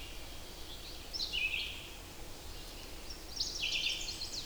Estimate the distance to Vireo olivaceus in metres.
about 35 m